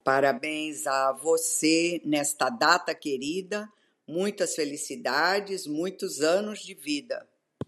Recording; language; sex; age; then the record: short text; Brazilian Portuguese; female; 70 to 79 years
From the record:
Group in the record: control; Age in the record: 70 years